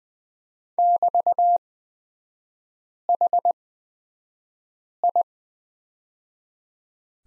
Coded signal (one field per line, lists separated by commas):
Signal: Morse code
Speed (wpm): 20 wpm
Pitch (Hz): 700 Hz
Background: none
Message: <BT>HI